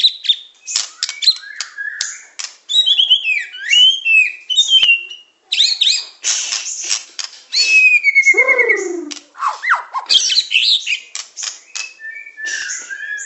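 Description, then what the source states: Bird singing a busy medley of sharp chips, rapid trills and sliding whistles, with one lower falling phrase in the middle. Complete masteran (song-training) recording of bird song.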